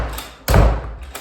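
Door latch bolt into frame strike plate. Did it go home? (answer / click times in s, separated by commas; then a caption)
no / none. An interior door is swung shut to test it and thuds heavily against the frame at about 0.5 s, followed by a softer knock near 1.2 s. The latch bolt does not catch in the frame's strike plate, so nothing has latched.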